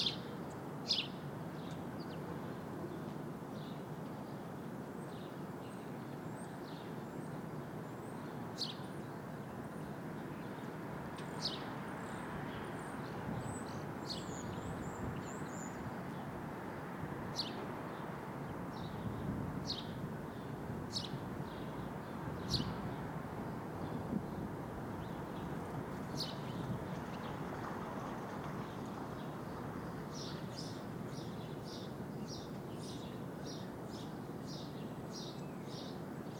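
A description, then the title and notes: Birds chirp in short, bright calls scattered across the whole stretch, with a thicker burst of quick chips near the end. Underneath runs a steady low city rumble, like traffic heard from a rooftop, with a fainter high twittering around the middle. Brooklyn, Rooftop 5 - 8-20, Some Birds by Bandeto.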